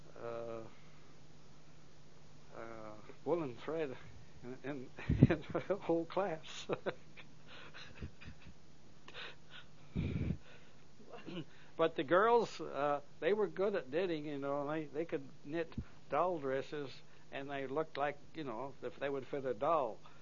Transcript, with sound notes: uh, woolen thread and it didn't thread whole class. (laughs) But the girls, they were good at knitting, you know. I, they could knit doll dresses and they looked like, you know, if they would fit the dolls.